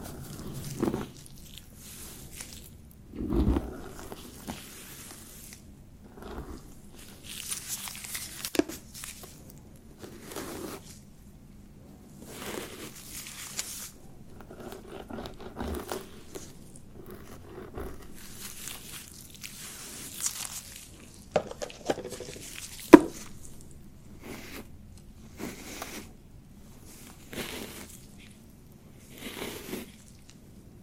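Quiet rustling and soft crinkling, with brief scratchy bursts every second or two and a sharper tap near twenty-three seconds.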